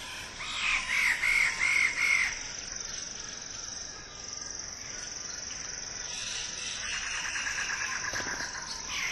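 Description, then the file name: Wallace's standardwing uttering a quick run of loud, grating notes early on, then fainter repeated calls later over a constant high-pitched insect hum. "suara burung bidadari"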